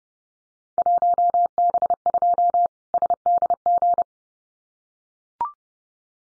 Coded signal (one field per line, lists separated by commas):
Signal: Morse code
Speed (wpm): 30 wpm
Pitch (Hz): 700 Hz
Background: none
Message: 1B2 SDG